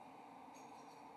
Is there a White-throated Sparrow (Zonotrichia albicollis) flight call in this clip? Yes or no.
no